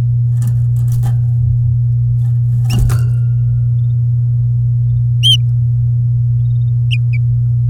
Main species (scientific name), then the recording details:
Serinus canaria. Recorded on 11 May 2018 at 09:23. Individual llb16